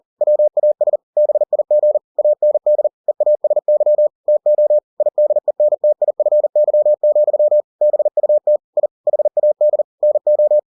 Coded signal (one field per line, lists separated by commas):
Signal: Morse code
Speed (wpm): 40 wpm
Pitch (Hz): 600 Hz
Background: none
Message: WAS BIG AND EASY TO IDENTIFY, BUT I HAD NO